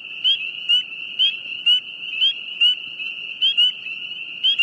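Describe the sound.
Frog calls: an unbroken high ringing tone, with brief upward-sliding chirps recurring repeatedly.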